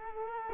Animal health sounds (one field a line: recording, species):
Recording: mosquito wingbeat signal from an infrared sensor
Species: Culex quinquefasciatus